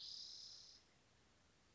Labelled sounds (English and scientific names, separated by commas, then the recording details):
Spotted Towhee (Pipilo maculatus)
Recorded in Sonoma County, California